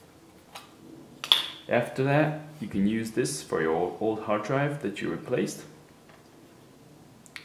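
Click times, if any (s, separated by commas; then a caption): 7.3 s, 7.4 s. Someone talks while holding the old hard drive taken out of a MacBook Pro laptop after its replacement with an SSD. Two short clicks at 7.3 s and 7.4 s are heard as the drive's connector is plugged into an external drive enclosure or adapter. The drive locks into place.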